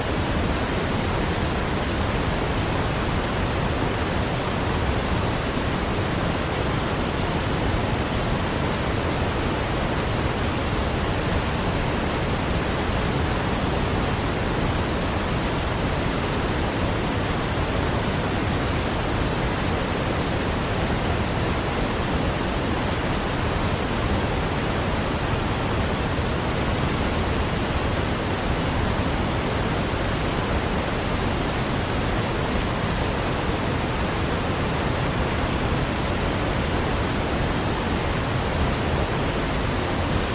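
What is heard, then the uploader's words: A waterfall roars in a dense, unbroken rush that fills everything from deep rumble to bright hiss. The sound holds perfectly steady for the whole stretch, with no splashes, pauses or other sounds standing out, like constant falling water. Waterfall White Noise.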